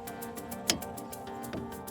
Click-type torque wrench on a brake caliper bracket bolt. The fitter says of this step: When you hear the click,